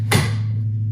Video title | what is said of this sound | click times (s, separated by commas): Hope Talk: Adaptive Parenting Products | turn and it'll click | 0.1 s